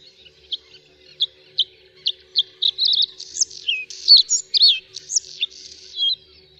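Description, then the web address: Bluethroat song opening with evenly spaced clear notes that speed up into varied whistles, buzzy trills and slurred rising and falling phrases. "Ptaki Podróżniczek"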